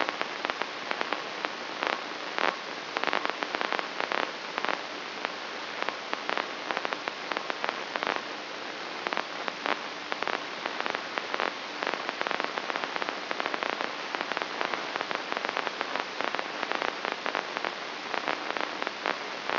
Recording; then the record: brain microelectrode recording played as sound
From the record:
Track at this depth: inside the subthalamic nucleus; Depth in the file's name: 5.462 mm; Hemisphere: left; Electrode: 3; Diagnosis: Parkinson's disease